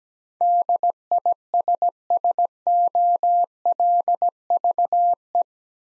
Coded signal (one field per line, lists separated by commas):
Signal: Morse code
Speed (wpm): 17 wpm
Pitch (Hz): 700 Hz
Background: none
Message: DISSOLVE